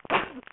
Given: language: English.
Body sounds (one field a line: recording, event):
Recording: throat vibration sensor signal played as sound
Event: cough